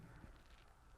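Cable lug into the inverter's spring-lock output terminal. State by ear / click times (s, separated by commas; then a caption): not seated / none. A cable lug is handled at the spring-lock output terminal of a Xantrex Freedom XC 2000 inverter for caravans and boats, with the orange locking part of the output socket lifted. Only steady low rumble and broadband noise are heard, with a brief soft low thump near 0.2 s. Nothing has seated or clicked yet.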